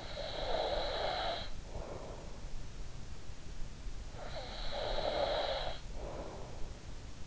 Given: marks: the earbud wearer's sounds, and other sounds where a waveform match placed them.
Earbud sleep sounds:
sounds in sleep by an in-ear microphone; snoring breath
0.00-2.34 s: snoring breath
4.11-6.69 s: snoring breath

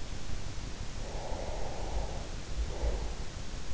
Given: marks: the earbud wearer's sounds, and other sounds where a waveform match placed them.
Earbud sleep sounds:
sounds in sleep by an in-ear microphone; breath
0.76-3.70 s: breath

